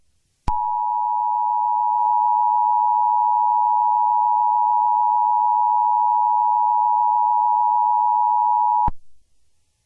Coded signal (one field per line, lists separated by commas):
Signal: Emergency Alert System (SAME) tones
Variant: 853 and 960 Hz attention tone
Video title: Eas scenario 8 SCP monsters (read description)